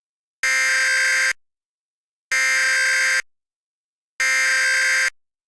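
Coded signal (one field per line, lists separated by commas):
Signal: Emergency Alert System (SAME) tones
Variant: header bursts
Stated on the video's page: Mock multi-part hybrid alert scenario set in a fictional film universe, simulated not real; audio may be unusually loud.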